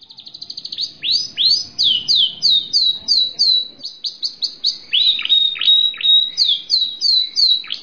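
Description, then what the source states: Bird singing continuously: a fast opening trill, then a steady series of high downslurred whistles repeated several times a second, varied with sharp chirps and rising notes. Labelled as masteran.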